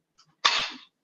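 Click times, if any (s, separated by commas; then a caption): 0.5 s. A lever is pushed down and a humidifier chamber is slid into its heater base on a ventilator, with a faint soft tap at 0.2 s. A sharp, bright click follows at 0.5 s, trailing off over about 0.4 s, as the chamber seats and is properly attached.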